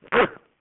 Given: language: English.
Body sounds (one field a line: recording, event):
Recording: throat vibration sensor signal played as sound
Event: cough